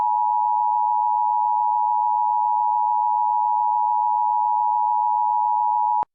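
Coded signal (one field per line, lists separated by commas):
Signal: Emergency Alert System (SAME) tones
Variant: 853 and 960 Hz attention tone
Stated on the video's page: Recreation of an August 2004 Rockingham County, North Carolina tornado warning, using valid tones.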